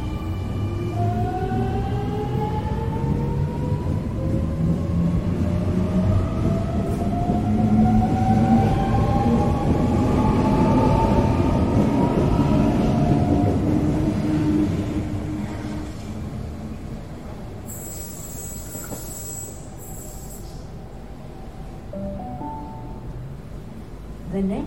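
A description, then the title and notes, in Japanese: A Sydney train accelerates, its motor whine climbing steadily in pitch over a heavy low rumble that peaks around ten seconds before easing off. From about 17 to 21 seconds a thin, high steady tone rings out, and a short knock comes at the end. シドニー市内へ向かう電車の音。今回も最新版をPCM録音ステレオでお送りします。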